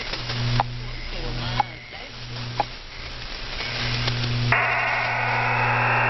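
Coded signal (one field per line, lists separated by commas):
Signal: digital SSTV (DRM)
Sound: hissy static with low hum and faint clicks, then a constant wide buzzing hiss starts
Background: radio static, low hum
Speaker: The constant buzzing sound of our EasyDRF broadcast begins in 5 seconds.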